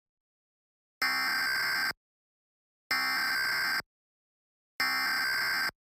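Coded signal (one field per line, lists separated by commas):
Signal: Emergency Alert System (SAME) tones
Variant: header bursts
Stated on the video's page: National Periodic Test received from an Austin CBS TV station.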